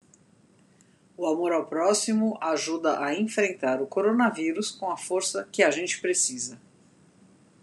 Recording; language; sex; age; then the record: spoken sentence; Brazilian Portuguese; female; 50 to 59 years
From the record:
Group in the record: control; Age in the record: 50 years